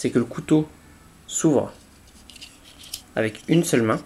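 Someone talks while handling a Leatherman Wave multi-tool, opening its stainless steel knife blade with one hand toward the liner lock in the handle. Between the words there are faint scraping and ticking handling sounds, with short sharp ticks around 2.3 and 2.9 seconds. The blade has not locked yet, and nothing has seated or clicked by the end of the clip.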